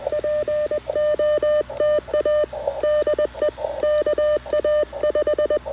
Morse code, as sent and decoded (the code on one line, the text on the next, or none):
.--. --- - .- / -.. . / -.- .- .....
POTA DE KA5